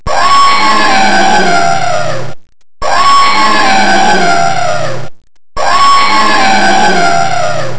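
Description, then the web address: Elephant trumpeting: a loud harsh blaring call with strong harmonics, heard three times in a row with short silent gaps. "voice elephant"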